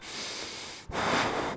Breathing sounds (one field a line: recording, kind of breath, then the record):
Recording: one breath in and out by a microphone near the nose and mouth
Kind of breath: strong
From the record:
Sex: male